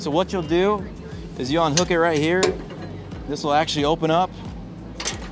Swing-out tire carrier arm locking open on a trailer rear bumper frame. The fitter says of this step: It'll click into place as you see there.